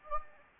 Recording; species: mosquito wingbeat signal from an infrared sensor; Anopheles gambiae